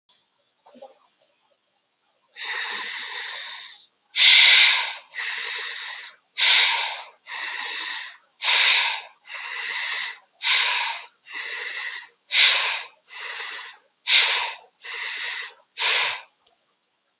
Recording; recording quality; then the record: deep breathing; excellent, no background noise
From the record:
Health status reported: healthy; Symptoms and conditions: none ticked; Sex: female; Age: 41 years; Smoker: not ticked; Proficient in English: yes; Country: India